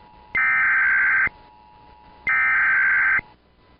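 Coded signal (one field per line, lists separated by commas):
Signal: Emergency Alert System (SAME) tones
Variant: header bursts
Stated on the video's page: AMBER Child Abduction Emergency EAS alert issued for all of Virginia.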